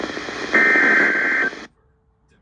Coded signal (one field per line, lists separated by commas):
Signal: Emergency Alert System (SAME) tones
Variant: header bursts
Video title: EAS #2753-2759 Tornado Warning